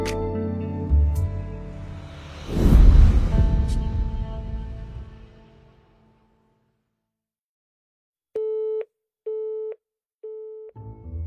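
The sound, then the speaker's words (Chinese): A rough, rumbling clatter fades into silence, then a telephone busy signal from a phone booth starts: steady, mid-pitched tones repeating in even on-off pulses, with no voices. “一成离开电话亭，完全不明所以”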